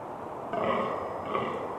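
Fallow deer uttering a brief, burping grunt in two rough pulses, the first longer and louder, against a steady noisy background.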